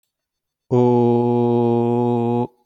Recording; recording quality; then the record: sustained vowel as in boot; excellent, no background noise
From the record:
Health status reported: healthy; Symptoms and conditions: asthma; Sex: male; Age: 41 years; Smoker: not ticked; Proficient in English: yes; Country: India